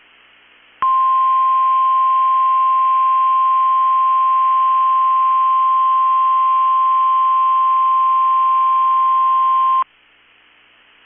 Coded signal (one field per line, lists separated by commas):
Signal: Emergency Alert System (SAME) tones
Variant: 1050 Hz attention tone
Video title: 2/16/22 - KEC65 Required Weekly Test (EAS #359)